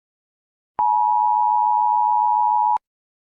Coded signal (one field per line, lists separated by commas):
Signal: Emergency Alert System (SAME) tones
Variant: 853 and 960 Hz attention tone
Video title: EAS Scenario #5: The Siren Protocol